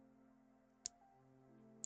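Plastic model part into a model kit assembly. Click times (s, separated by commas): 0.9 s, 1.8 s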